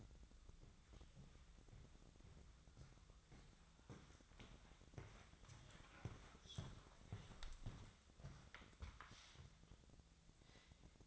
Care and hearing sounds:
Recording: daily activity, microphone in the room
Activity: walk to room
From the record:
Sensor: 3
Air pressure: 999.4 hPa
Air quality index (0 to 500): 197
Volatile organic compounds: 44 ppm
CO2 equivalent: 3215 ppm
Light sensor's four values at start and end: 8/19/7/7 and 8/18/7/7

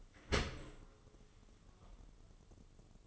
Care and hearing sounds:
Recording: daily activity, microphone in the room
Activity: open dishwasher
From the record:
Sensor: 4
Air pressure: 1015.8 hPa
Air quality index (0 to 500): 95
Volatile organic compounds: 2 ppm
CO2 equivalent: 1067 ppm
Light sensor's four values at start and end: 9/19/8/7 and 9/19/7/7

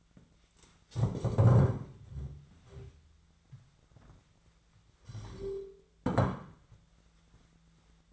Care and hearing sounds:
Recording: daily activity, microphone in the room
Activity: stand up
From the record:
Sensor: 3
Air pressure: 1008.0 hPa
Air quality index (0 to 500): 191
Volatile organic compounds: 14 ppm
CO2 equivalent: 2454 ppm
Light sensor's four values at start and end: 10/25/10/10 and 9/22/9/9

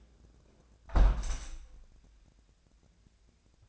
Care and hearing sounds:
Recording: daily activity, microphone in the room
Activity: close window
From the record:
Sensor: 2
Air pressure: 1012.2 hPa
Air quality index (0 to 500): 123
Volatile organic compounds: 1 ppm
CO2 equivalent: 911 ppm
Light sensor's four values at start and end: 105/253/104/103 and 106/256/105/103

